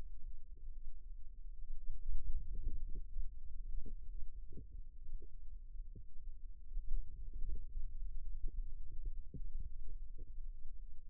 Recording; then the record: forearm muscle sounds (acoustic myography)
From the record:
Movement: wrist flexion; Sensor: system 2, bracelet of six BSWA MPA416 microphones around the upper forearm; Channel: 6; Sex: female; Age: 22 years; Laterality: right